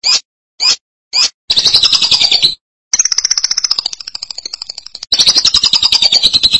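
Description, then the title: Lovebird: three quick high chirps from a lovebird lead into bursts of fast, shrill pulsed chattering, interrupted by short pauses. "BM Suara Burung Lovebird"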